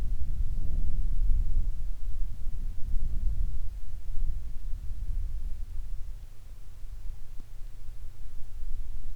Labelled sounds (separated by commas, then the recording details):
wind
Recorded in the Arctic National Wildlife Refuge, Alaska, on 22 July 2019 at 15:44
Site 41